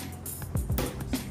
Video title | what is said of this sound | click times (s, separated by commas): KOTAK SEPATU PORTABLE MURAH!! FULL TUTORIAL RAKIT STEP BY STEP - Worth it gak sih?? | Nah ini tuh baru udah ngunci, ini udah pasti ngunci banget. | 0.8 s